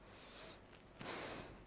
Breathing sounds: one breath in and out by a microphone near the nose and mouth; deep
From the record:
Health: marked as sick, illness not named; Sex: female

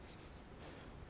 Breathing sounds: one breath in and out by a microphone near the nose and mouth; strong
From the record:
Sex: male

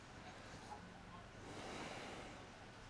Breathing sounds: one breath in and out by a microphone near the nose and mouth; deep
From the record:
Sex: male

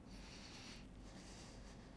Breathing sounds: one breath in and out by a microphone near the nose and mouth; deep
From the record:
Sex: male

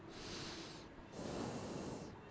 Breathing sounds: one breath in and out by a microphone near the nose and mouth; normal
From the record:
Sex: male

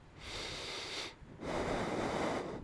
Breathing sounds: one breath in and out by a microphone near the nose and mouth; deep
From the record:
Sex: male

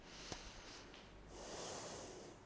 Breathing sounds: one breath in and out by a microphone near the nose and mouth; deep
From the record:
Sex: female

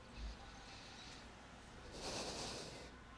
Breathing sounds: one breath in and out by a microphone near the nose and mouth; deep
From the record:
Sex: male

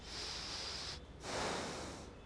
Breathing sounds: one breath in and out by a microphone near the nose and mouth; deep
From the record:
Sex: male

